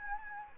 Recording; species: mosquito wingbeat signal from an infrared sensor; Anopheles gambiae